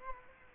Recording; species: mosquito wingbeat signal from an infrared sensor; Culex quinquefasciatus